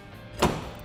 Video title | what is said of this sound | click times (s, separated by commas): Best Weight Distribution Hitch on the Market Recurve 3 Easy Simple Great Value | and you just keep it straight across and we're going to wait and hear that click | 0.4 s